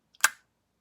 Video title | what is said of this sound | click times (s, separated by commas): Dior Sauvage Elixir Fragrance Review | which are really nice that it clicks right into place | 0.2 s